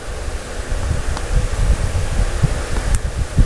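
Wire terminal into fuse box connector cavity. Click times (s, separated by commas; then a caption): 2.9 s. A restored metal crimp terminal, its locking wings bent back out, is pushed back into its cavity in the plastic fuse box of a Mopar dash, with a faint tick at 1.2 s over a low rumbling background. A short, sharp click at 3.0 s marks the terminal seating in place.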